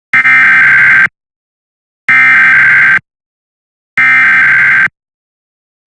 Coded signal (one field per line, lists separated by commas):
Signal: Emergency Alert System (SAME) tones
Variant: header bursts